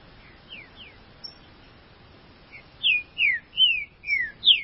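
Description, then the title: Green-winged saltator song: a couple of soft slurred whistles, then five louder descending whistled notes in quick succession. "Trinca Ferro"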